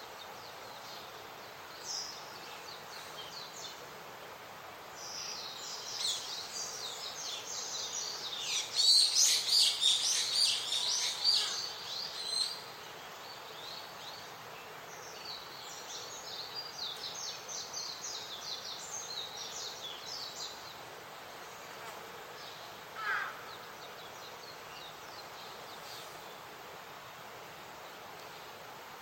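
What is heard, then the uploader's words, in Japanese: Many birds chirp in a mountain forest, with a dense burst of bright twittering around ten seconds over a steady soft hiss. Journey to the Japanese Mountain Forests | Masatoshi Torii | Soundscape。日本の山林で録音しました。沢山の鳥たちのさえずりが聞こえます。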